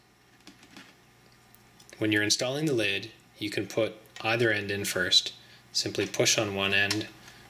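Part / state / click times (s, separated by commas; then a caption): plastic lid end into single-board computer case / not seated / none. A plastic lid is being fitted onto a HighPi Raspberry Pi case, with one end positioned to be pushed down into the case. Someone talks while a few faint ticks and handling sounds occur. Nothing has seated or clicked yet.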